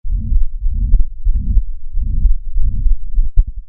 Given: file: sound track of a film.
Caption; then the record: Heart sounds of patient 8 before surgery by the 3M Littmann stethoscope. The murmurs can also be heard.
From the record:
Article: A Low-Cost, Ear-Contactless Electronic Stethoscope Powered by Raspberry Pi for Auscultation of Patients With COVID-19: Prototype Development and Feasibility Study